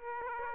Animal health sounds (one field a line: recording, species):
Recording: mosquito wingbeat signal from an infrared sensor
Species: Aedes aegypti